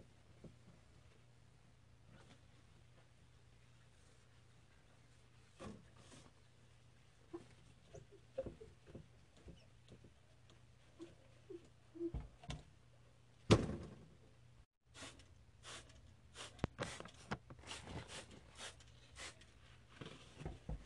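Mirror cleaning over a steady low hum, with scattered taps and short squeaky wipes that grow busier after midway, including one sharp knock.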